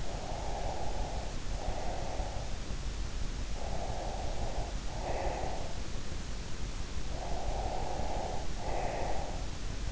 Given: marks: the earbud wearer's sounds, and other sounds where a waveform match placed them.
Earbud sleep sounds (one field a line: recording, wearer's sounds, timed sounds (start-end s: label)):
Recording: sounds in sleep by an in-ear microphone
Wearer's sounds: breath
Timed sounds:
0.00-2.52 s: breath
3.55-5.82 s: breath
7.18-9.41 s: breath